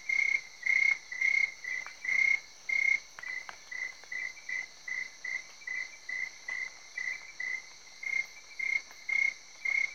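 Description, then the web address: Crickets chirping: short, high, shrill pulses repeated steadily almost twice a second, over a constant high insect buzz. Recorded in Cameroon, Africa. "BBC Sound Effects Library. Cameroun, Crickets"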